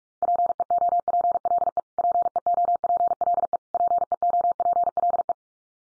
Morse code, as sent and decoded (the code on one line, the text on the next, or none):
.--. . --- .--. .-.. . / .--. . --- .--. .-.. . / .--. . --- .--. .-.. .
PEOPLE PEOPLE PEOPLE